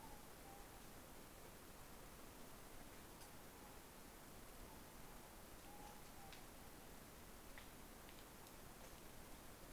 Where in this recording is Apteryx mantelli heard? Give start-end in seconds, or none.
none